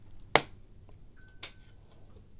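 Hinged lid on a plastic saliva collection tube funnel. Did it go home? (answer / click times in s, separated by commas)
yes / 0.4 s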